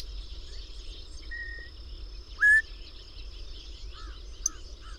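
Bird calls: a flat whistled note, then a loud upslurred whistle, followed by soft downslurred notes near the end, with steady background hiss.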